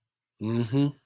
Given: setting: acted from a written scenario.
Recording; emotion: vocal sound without words; neutral